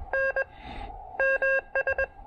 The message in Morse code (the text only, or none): N MS